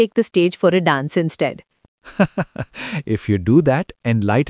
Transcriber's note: laughs